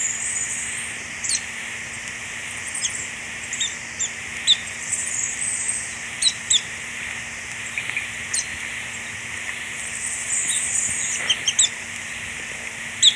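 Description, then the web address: Orange-banded flycatcher giving short, sharp high calls scattered irregularly throughout over a steady droning insect chorus. Recorded in Ecuador. "Birds of Ecuador 3-05 Orange-Banded Flycatcher"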